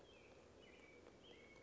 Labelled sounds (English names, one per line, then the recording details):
American Robin
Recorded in Sonoma County, California